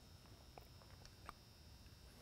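A square plastic retainer for an L360PMKT pipe mount kit is handled at the square hole on the bottom of a Whelen L31 Super-LED 360 Beacon base. Faint plastic taps come at about 0.6, 1.1 and 1.3 seconds over a steady high-pitched background hum. Nothing has seated or clicked yet.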